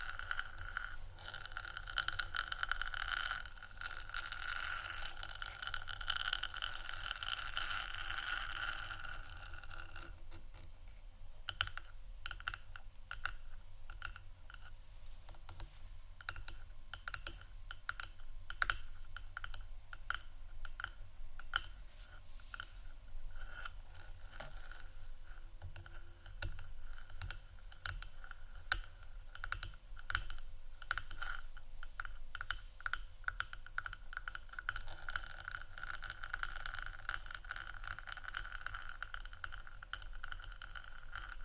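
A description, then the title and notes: Soft tapping and scratching, with no talking. A dense, brighter scratchy patch fills roughly the first ten seconds. After that come quick irregular taps like fingertips or nails, crisp, over a low steady hum, and a faint scratching texture returns near the end. ASMR Softly Tapping & Scratching （No Talking）.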